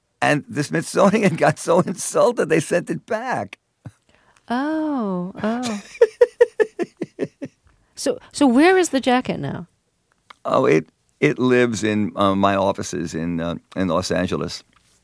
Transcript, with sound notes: And the Smithsonian got so insulted they sent it back.
Oh. Oh.
(Laughter).
So where is the jacket now?
Oh, it lives in my offices in Los Angeles.